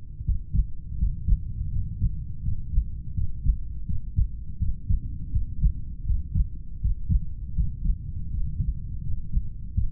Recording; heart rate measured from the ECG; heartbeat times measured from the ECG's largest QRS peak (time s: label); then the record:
heart sounds by stethoscope; 82 bpm
0.23 s: heartbeat
0.97 s: heartbeat
1.69 s: heartbeat
2.42 s: heartbeat
3.13 s: heartbeat
3.85 s: heartbeat
4.57 s: heartbeat
5.31 s: heartbeat
6.04 s: heartbeat
6.79 s: heartbeat
7.54 s: heartbeat
8.33 s: heartbeat
9.01 s: heartbeat
9.73 s: heartbeat
From the record:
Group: heart failure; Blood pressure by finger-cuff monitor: 75/48 mmHg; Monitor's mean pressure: 54 mmHg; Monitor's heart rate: 82 bpm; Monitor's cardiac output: 6.7 L/min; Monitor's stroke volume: 81 mL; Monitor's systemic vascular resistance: 560 dyn s/cm5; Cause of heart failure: idiopathic cardiomyopathy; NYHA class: 2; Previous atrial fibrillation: present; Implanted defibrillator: present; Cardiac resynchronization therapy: present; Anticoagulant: warfarin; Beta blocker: metoprolol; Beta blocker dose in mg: 50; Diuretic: furosemide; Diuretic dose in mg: 40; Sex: male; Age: 62 years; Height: 184 cm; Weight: 101 kg